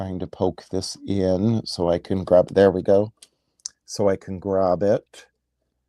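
A yarn couching guide attachment is being handled and pushed toward the free-motion presser foot of a sewing machine while someone talks, with a few faint handling sounds around the speech. The guide has not seated or clicked into the foot yet.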